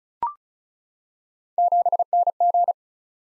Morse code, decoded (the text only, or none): 7NG